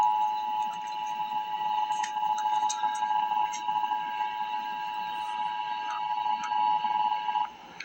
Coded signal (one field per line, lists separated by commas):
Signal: Emergency Alert System (SAME) tones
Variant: 853 and 960 Hz attention tone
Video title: Emergency Alert System - Winter Weather Advisory - Feb 11, 2025 at 2:44 PM EST